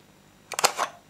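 Someone pushes the non-ambidextrous, left-facing magazine release lever on an ARES L1A1 SLR airsoft rifle, and the metal and plastic parts give sharp clicks at 0.6 s and 0.7 s, preceded by a lighter tick and followed by a brief rattle. The magazine is released from the magazine well.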